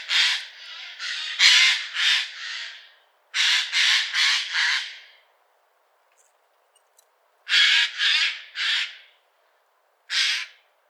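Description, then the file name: Eurasian jay giving loud, harsh screeches in bursts of one to six rasping notes, with short silent pauses between bursts, against a quiet background. "Garrulus glandarius"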